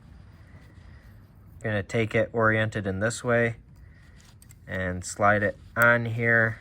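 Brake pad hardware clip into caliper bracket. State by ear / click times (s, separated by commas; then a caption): not seated / none. A metal brake pad hardware clip is picked up and oriented before being slid onto the caliper bracket of a 2003–2006 Ford Expedition/Navigator during a front brake caliper replacement. Someone talks throughout, with a couple of brief light taps around 4.4 and 4.5 seconds. Nothing has seated or clicked yet.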